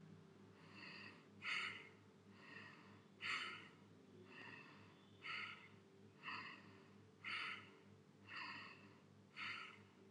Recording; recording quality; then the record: shallow breathing; excellent, no background noise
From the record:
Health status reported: healthy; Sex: male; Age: 27 years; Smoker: yes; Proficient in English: yes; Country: India